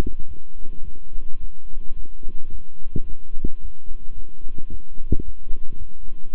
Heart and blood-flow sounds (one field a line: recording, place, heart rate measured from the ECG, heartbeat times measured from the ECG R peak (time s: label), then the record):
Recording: heart sounds by stethoscope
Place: between the tricuspid and mitral areas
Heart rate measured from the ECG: 109 bpm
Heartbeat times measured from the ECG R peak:
0.26 s: heartbeat
0.83 s: heartbeat
1.39 s: heartbeat
1.95 s: heartbeat
2.50 s: heartbeat
3.06 s: heartbeat
3.60 s: heartbeat
4.14 s: heartbeat
4.69 s: heartbeat
5.23 s: heartbeat
5.77 s: heartbeat
6.31 s: heartbeat
From the record:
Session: walking at 3.7 km/h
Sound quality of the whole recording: good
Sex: male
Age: 26 years